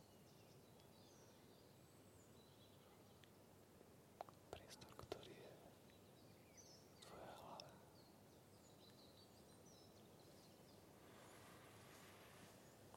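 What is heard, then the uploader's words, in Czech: Forest ambience with a steady low rumble of wind or noise underneath. A few sharp clicks and snaps cluster around four to five seconds, a brief mid-pitched call or rustle comes near seven seconds, and faint high bird chirps flicker throughout. Zvuky lesa.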